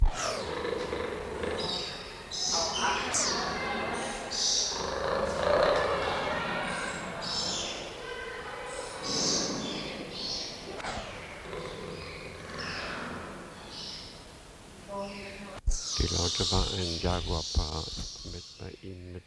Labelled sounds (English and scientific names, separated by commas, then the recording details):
Jaguar (Panthera onca), Dusky Lory (Pseudeos fuscata)
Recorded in captivity
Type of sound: churr
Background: Pseudeos fuscata
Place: Tierpark Berlin, Berlin, DE
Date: 1993-12-18
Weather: bedeckt, 2°C
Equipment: Marantz CP 430, Sennheiser MKH 416 T, Kopie Uher Variocord 263
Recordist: Tembrock, Günter
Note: Aufreit-Intentionen